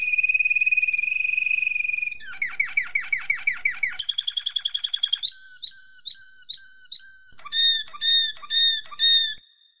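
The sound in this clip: Domestic canary song: a long steady whistled note, then fast rasping downslurred trills, a higher rolling trill, and spaced clear notes with a final ringing chirped series.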